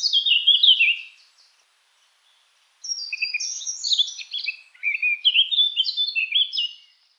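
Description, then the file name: Eurasian blackcap song: a short burst of descending twittering notes, a pause of over a second, then a longer, lively warble of varied high phrases. "Sylvia atricapilla"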